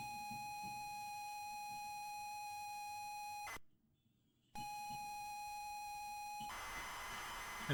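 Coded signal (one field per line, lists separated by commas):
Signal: ZX Spectrum tape loading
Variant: 128K mode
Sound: steady buzzing lead tone, a second of silence, lead tone again, then harsh screeching data noise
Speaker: so we'll reset the next and we'll put it into tape loader, 1 to 8K mode, and press play on tape. And as you can see, that is loading lovely.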